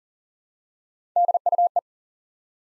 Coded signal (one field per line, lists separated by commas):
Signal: Morse code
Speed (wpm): 39 wpm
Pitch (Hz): 700 Hz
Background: none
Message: DUE